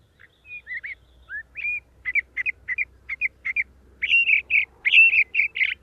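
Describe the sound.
Sage thrasher song starting with spaced whistled slurs, then breaking into louder, richer warbled phrases near the end.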